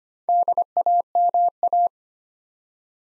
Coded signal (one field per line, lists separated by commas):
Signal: Morse code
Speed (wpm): 25 wpm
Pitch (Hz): 700 Hz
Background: none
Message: DAMA